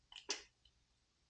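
A yellow wire's socket terminal is worked into a female Deutsch connector housing, beneath the blue wire, until it locks in place. After a few faint ticks at 0.1–0.2 s, a sharp click at 0.3 s marks the terminal seating, followed by a tiny tick at 0.7 s. The terminal is confirmed seated.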